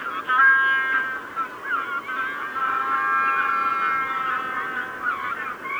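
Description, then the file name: Magellanic penguin chorus of steady harmonic brays layered over one another, with occasional twisting, wavering notes from individual birds. Evening chorus of Magellanic penguins. "Magellan Pinguin Abendkonzert"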